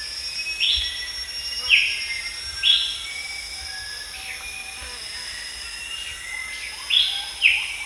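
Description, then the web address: Moustached babbler uttering clipped descending notes, spaced unevenly, ending with a close pair; constant high-pitched insect chorus in the background. Recorded at Danum on 1 January 2008. "DANUM 20080101. moustached babbler"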